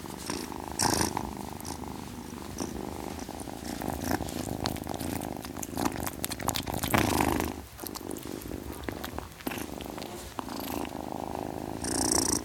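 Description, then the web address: Cat purring steadily and softly throughout, with occasional light rustles and clicks. Ten-week-old kitten purring. "BBC Cats Purring"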